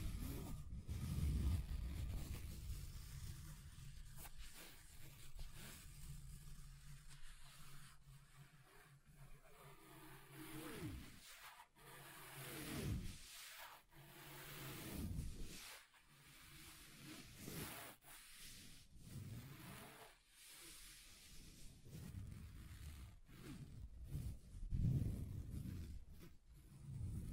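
Scratching and rubbing across a table, the strokes rasping and gritty with a low rumbling undertone. The texture shifts between passages, with sharper bursts and brief pauses around 11, 13, 16 and 20 seconds, and sweeping scrapes that rise and fall in pitch.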